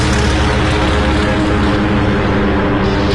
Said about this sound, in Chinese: 福特的摄影师拍完录像后，他们就起飞去袭击日军舰队了。首先起飞的是第八鱼雷轰炸机中队。